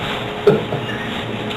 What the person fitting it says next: I heard it click.